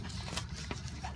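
A wiring connector is handled at its mating socket on a Honda Civic engine during a water pump replacement, with short knocks and rustles near 0.4, 0.7 and 0.9 s over a steady low hum. Nothing has seated or clicked yet; the clip ends just before the connector goes home.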